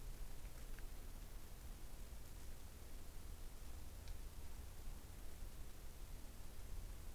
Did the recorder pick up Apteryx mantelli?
no